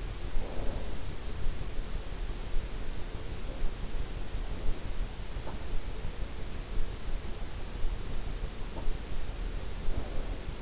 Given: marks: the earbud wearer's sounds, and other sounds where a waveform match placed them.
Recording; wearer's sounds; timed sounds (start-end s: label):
sounds in sleep by an in-ear microphone; snoring breath
0.00-0.99 s: snoring breath
9.77-10.62 s: snoring breath